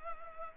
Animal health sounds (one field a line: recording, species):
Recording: mosquito wingbeat signal from an infrared sensor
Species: Culex pipiens